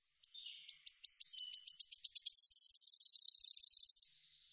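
Bird song: high, sharp notes quicken steadily from slow ticks into a dense, loud buzzing trill lasting under two seconds before ending cleanly.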